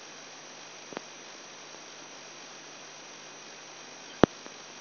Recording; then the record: brain microelectrode recording played as sound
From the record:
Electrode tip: outside the subthalamic nucleus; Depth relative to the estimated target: -8 mm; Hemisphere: right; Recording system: AlphaMap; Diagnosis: Parkinson's disease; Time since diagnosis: 10 years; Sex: male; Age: 58 years